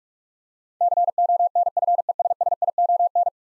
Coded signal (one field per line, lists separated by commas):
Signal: Morse code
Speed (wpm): 41 wpm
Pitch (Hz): 700 Hz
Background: none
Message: CONFESSION